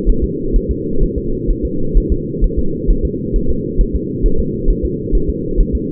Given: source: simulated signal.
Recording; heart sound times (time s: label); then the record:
fetal heart sounds
0.09 s: S1
0.24 s: S2
0.56 s: S1
0.71 s: S2
1.03 s: S1
1.18 s: S2
1.50 s: S1
1.65 s: S2
1.97 s: S1
2.12 s: S2
2.44 s: S1
2.59 s: S2
2.90 s: S1
3.05 s: S2
3.36 s: S1
3.50 s: S2
3.81 s: S1
3.95 s: S2
4.26 s: S1
4.40 s: S2
4.70 s: S1
4.85 s: S2
5.15 s: S1
5.30 s: S2
5.60 s: S1
5.75 s: S2
From the record:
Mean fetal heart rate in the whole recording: 130 bpm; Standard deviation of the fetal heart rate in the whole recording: 2 bpm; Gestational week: 38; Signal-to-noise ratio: -8.1 dB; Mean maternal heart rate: 72 bpm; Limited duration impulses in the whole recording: absent